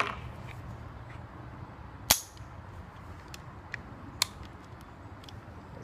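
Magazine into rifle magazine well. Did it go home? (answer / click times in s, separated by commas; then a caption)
partly / none. A rifle magazine is pushed into the magazine well of a Palmetto State Armory PTAC 16" rifle kit, whose lower is coated in Plasti Dip, which is blamed for the magazine problems. Against a low steady background, two sharp, brief metallic hits ring out at about 2.1 and 4.2 seconds, with a fainter tick near 3.7 seconds. The magazine is not all the way in, and nothing has seated or clicked yet.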